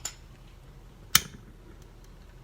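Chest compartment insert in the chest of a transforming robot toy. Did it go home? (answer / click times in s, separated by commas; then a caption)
released / 1.1 s. A chest compartment insert is pressed out of the plastic chest of a Robot Paradise RP-01 Acoustic Wave (Soundwave) transforming robot figure. After a faint tick near the start, a sharp, bright plastic pop at 1.2 s marks the insert coming free. The insert is released from the chest.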